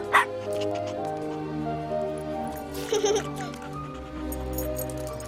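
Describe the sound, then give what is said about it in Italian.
A dog, little Bolt the heroic dog as a puppy, gives a sharp, high yip at the start, then a second burst of excited barking and yipping partway through, both over a steady, humming musical background. “Questo è il padroncino che sceglie il piccolo Bolt, l'eroico cane, quando ancora era cucciolino.”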